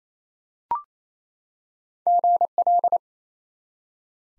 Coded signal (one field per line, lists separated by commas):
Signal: Morse code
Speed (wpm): 28 wpm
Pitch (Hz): 700 Hz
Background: none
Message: GL